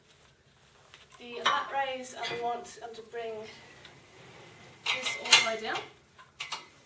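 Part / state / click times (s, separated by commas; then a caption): pulley carriage pin into cable machine column slot / seated / 6.4 s, 6.5 s. A trainer slides the adjustable pulley carriage of a gym cable machine down until its spring pin engages a slot in the metal column, locking it safely in place. Someone talks over faint metallic clatter. The pin clicks into the slot at 6.4 s and 6.5 s.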